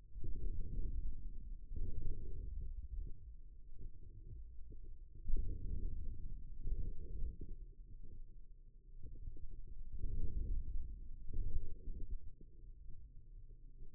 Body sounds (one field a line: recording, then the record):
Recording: forearm muscle sounds (acoustic myography)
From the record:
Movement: outward rotation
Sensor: system 2, bracelet of six BSWA MPA416 microphones around the upper forearm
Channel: 3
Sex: male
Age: 22 years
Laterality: right